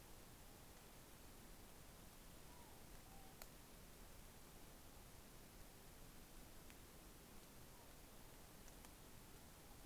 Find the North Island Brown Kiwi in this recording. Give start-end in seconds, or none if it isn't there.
none